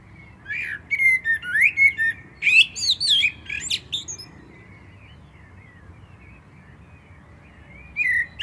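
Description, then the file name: Common blackbird singing a flowing whistled phrase ending in squeaky twitters, then near silence before a last short whistle at the end. "Turdus merula"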